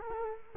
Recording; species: mosquito wingbeat signal from an infrared sensor; Culex quinquefasciatus